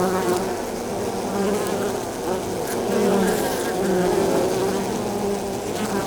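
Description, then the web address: Honey bees buzzing, a thick continuous hum of many wings, swelling slightly around the middle. Bees at the exterior of a beehive, landing zone, very close, stereo. "GDC 2017-Game Audio Bundle Sound Holder - Beehive bees hive exterior landing zone very close stereo"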